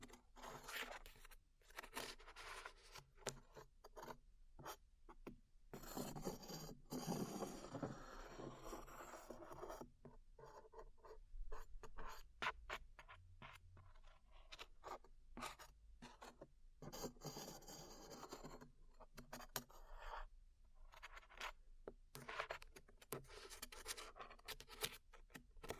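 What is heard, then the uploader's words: Glue being peeled away from skin close to the ears, heard as dense, crackly tearing and rasping scrapes. The sound comes in irregular bursts and short pulls throughout, with brief gaps between, fairly bright and busy, with a soft low rumble underneath. ASMR Peeling Glue Off Your Ears (No Talking).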